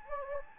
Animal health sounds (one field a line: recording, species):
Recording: mosquito wingbeat signal from an infrared sensor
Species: Anopheles gambiae